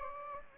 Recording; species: mosquito wingbeat signal from an infrared sensor; Anopheles gambiae